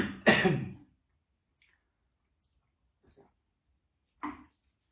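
A single abrupt, harsh dry cough from an adult man, followed by quiet throat noises about three and four seconds into the clip. The cough is non-productive, with no rattling of mucus.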